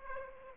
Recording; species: mosquito wingbeat signal from an infrared sensor; Aedes aegypti